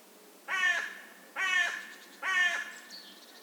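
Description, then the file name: Carrion crow uttering three rough, grating caws at regular intervals, followed by a brief high twitter from a small bird. "Corvus corone"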